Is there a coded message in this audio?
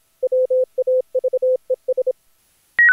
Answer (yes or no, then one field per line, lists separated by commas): yes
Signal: Morse code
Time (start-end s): 0.2-2.1 s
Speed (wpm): 26 wpm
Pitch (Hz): 510 Hz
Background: none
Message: WAVES